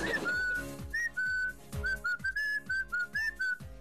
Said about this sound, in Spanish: ¿Cómo es? ¿Cómo es? ¿Cómo me la silba usted? A ver.